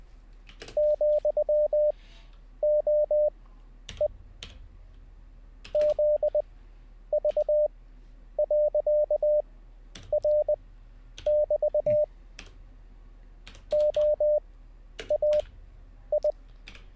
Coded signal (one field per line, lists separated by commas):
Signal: Morse code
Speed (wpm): 20 wpm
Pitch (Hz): 600 Hz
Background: none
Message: ,OE ZV.R<BT> OAI